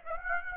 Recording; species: mosquito wingbeat signal from an infrared sensor; Aedes aegypti